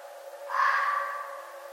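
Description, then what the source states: Red fox call: a single rasping, drawn-out scream that fades gradually in a quiet setting. Recorded 11 November 2011.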